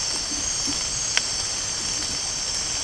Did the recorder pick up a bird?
no